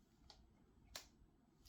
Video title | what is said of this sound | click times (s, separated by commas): A Temu Get Home Bag | you can hear it snap in place but it doesn't take a lot to pull it out | 1.0 s